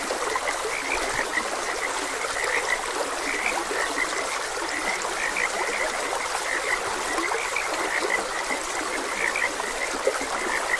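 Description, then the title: Frogs croaking in short, bright notes repeated irregularly over a steady rush of flowing stream water. Frogs croaking beside a gentle stream. "Gentle Stream and Frogs Croaking"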